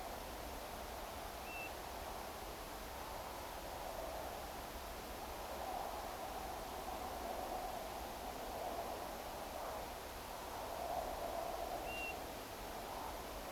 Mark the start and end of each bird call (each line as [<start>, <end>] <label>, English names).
[1.44, 1.68] European Golden Plover
[11.86, 12.13] European Golden Plover